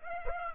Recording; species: mosquito wingbeat signal from an infrared sensor; Aedes aegypti